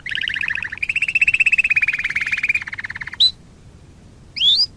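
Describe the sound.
Waterslager canary song: a lower, bubbling rolled trill that slowly drops in pitch, followed by two short separate whistled notes after a pause.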